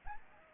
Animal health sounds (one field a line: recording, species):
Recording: mosquito wingbeat signal from an infrared sensor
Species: Anopheles arabiensis